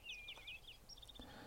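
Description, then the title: European greenfinch calls: a quick run of bright, slightly descending chirps, followed by a short, higher, buzzy trill, over a faint low rumble. "Verdier d'Europe"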